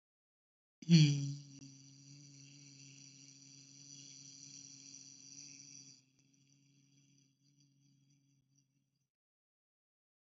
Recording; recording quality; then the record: sustained vowel as in beet; excellent, no background noise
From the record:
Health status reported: healthy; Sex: male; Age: 25 years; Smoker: yes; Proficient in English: yes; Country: India